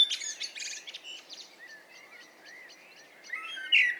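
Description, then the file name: Common blackbird song fragment: a fast high twitter, then soft slurred whistled notes and a brief squeaky flourish at the end. "Turdus merula"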